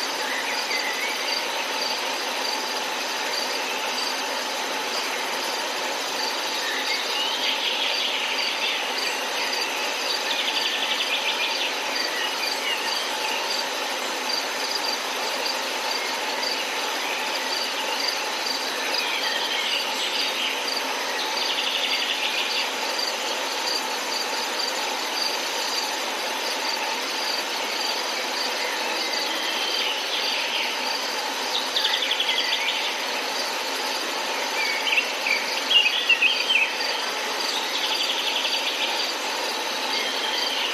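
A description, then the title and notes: A steady forest chorus of insects, likely crickets, fills the whole 41 seconds with a dense, even hiss and trill in the upper range, nearly nothing low. Brief brighter chirps rise in patches throughout, with a few louder bursts around 33 to 37 seconds. Sounds of nature. Live in forest.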